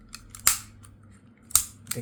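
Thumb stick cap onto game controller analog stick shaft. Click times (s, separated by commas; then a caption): 0.5 s, 1.6 s. A replacement plastic thumb stick cap is tilted, given a forward push and pressed down onto the analog stick shaft of a PS5 controller, snapping into place with sharp plastic clicks at 0.5 s and 1.6 s. Fainter ticks are heard around 0.1 s and 1.9 s, and the cap ends up seated on the stick.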